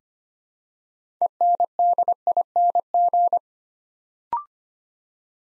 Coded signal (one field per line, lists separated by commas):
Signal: Morse code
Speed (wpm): 25 wpm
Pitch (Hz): 700 Hz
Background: none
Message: ENDING